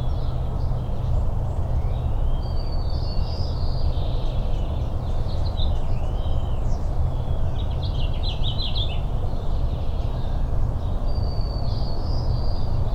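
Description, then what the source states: Several bird phrases of slurred whistles and rapid chattering notes come and go against a continuous roar of rain. Morning birdsong recorded in rain at Richland, Washington, on 17 April 2008.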